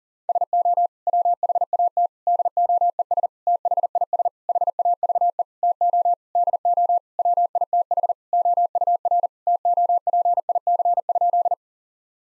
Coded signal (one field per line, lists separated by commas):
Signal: Morse code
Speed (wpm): 40 wpm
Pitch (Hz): 700 Hz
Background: none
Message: SO WHAT DOES THIS HAVE TO DO WITH OUR TOPIC?